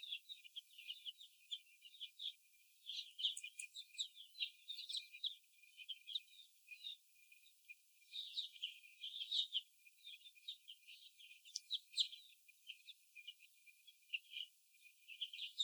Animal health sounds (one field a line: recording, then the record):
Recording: young laying hens in a cage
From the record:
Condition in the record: before the stressor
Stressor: sudden umbrella opening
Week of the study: 2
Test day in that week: 1